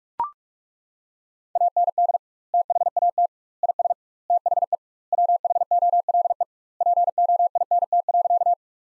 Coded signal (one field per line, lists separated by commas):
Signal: Morse code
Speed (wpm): 41 wpm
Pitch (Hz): 700 Hz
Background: none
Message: AND THAT IS THE WHOLE POINT.